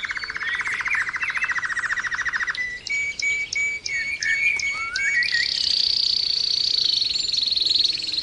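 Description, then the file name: Canary singing a low rapid rolling trill, then choppy repeated tours, before settling into a sustained high, buzzy trill. Canary 'terapi' (therapy) song recording used for training birds. "kenari terapi omkicau"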